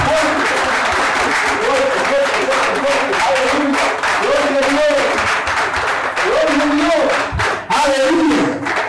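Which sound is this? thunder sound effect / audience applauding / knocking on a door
audience applauding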